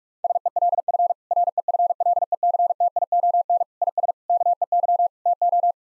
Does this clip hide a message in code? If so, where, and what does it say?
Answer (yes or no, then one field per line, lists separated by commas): yes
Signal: Morse code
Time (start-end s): 0.2-5.7 s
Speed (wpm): 42 wpm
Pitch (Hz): 700 Hz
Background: none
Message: SELF REFLECTION IS KEY TO